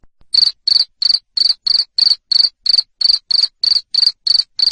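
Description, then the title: Cricket giving loud, shrill chirps, each a short buzzy pulse, repeated evenly about three times a second. Loud cricket chirping (jangkrik ngerik) played to stimulate lovebirds into continuous singing (ngekek). "Suara JANGKRIK NGERIK Keras Bikin LOVEBIRD Jadi NGEKEK Terus Vubey"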